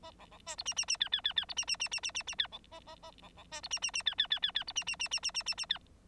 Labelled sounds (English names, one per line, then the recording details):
Bengalese Finch song
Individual Bird9